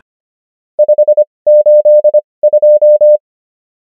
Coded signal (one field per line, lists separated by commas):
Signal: Morse code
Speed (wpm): 25 wpm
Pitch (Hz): 600 Hz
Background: none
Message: 582